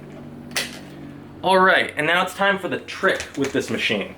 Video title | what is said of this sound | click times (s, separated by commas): Hoover Smartwash Pet Attachment Cleaning | and just slide it on until the click | 0.6 s